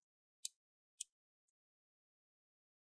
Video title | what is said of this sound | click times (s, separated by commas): How to Replace Battery for Lenovo Chromebook 11 N22 - Step-by-Step Guide🔋 | You want to hear those clicks. Those are clips that are getting loose, so you want to do that all around. | 0.4 s, 1.0 s